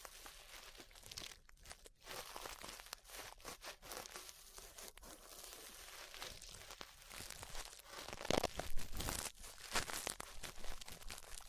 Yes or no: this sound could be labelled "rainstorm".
no